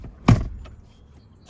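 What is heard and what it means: A release strap on the middle front bench seatback of a Chevy Silverado pickup cab is pulled. The fold-down latch lets go and the seatback folds down with a sharp thud at 0.3 s, followed by a softer knock at about 0.7 s. The seat fold latch has released and the seat is folded down.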